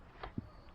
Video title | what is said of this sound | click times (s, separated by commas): [MOD] Clip Fed Pump Shotgun? - Shotgun Thunderhawk Mod Overview | push it in, and then it locks in place. It stops it going back the other way. | 0.2 s